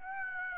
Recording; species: mosquito wingbeat signal from an infrared sensor; Aedes aegypti